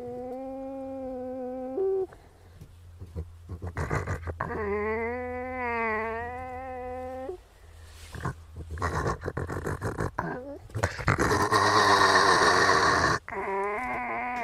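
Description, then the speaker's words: Raccoon dog whining in wavering, harmonic tones, rising and falling over several seconds, then harsher noisy squeals and scraping sounds toward the end. Recording played back as a quiz. "Se oli supikoira. Tuolta kuulostaa supikoira."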